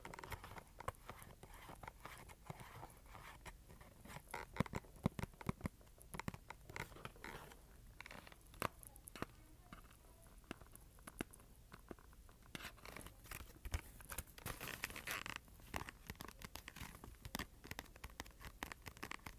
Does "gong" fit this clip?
no